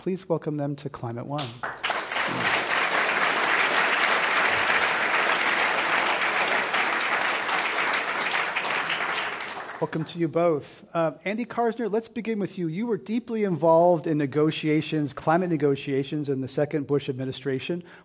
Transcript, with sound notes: Please welcome them to Climate One.
[Applause]
Welcome to you both. Andy Karsner, let's begin with you. You were deeply involved in negotiations, climate negotiations in the second Bush administration.